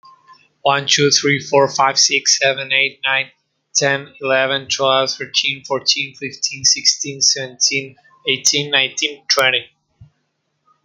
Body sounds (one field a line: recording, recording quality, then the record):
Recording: counting at a normal pace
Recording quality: excellent, no background noise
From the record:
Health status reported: healthy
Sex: male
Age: 21 years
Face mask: not worn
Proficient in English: no